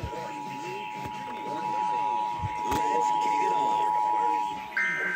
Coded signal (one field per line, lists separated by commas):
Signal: Emergency Alert System (SAME) tones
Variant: 853 and 960 Hz attention tone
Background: speech